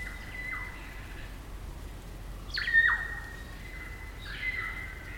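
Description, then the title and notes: Kaka song: long sustained whistle broken by abrupt downward swoops, one louder swooping note in the middle, fainter notes following. Kaka, a large parrot, singing eerie dusk chorus in late spring at Karori Sanctuary near Wellington, New Zealand. "It's late spring at the Karori Sanctuary near Wellington, New Zealand and the kakas – a large species of parrot – are singing their eerie dusk chorus. Recorded by Margaret Bartlett."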